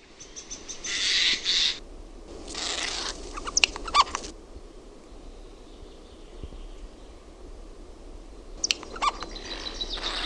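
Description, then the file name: Eurasian jay giving harsh, rasping screeches in several bursts, the last near the end. "NARHI"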